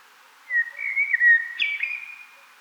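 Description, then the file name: Common blackbird giving a single smooth, fluting whistled phrase that rises into a brief, scratchy high twitter at its end. "Turdus merula"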